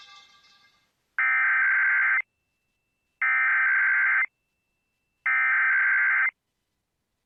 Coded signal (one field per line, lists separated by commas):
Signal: Emergency Alert System (SAME) tones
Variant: header bursts